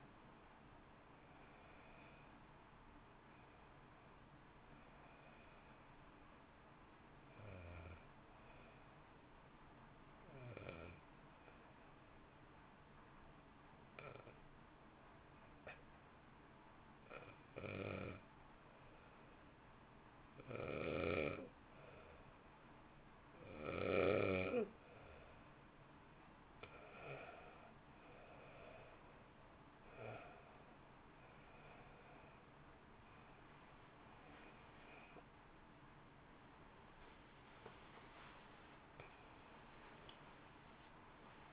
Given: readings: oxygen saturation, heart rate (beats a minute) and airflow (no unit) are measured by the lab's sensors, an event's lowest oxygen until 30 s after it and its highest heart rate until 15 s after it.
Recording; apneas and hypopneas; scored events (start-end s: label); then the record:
breathing in sleep by a voice recorder at the bedside; 1
6.00-36.00 s: new sleep stage, N1 (lightest sleep)
7.00-30.40 s: hypopnea (N1, oxygen 95% highest, then 89% lowest, heart rate 53 at the start, 67 highest)
36.00-41.53 s: new sleep stage, awake
37.00-41.53 s: awake
From the record:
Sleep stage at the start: N2 (light sleep); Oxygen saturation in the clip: 85 to 95%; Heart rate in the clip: 52 to 66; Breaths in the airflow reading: 11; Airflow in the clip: -3.6 to 4.5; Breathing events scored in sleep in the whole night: 328 in 6.3 hours asleep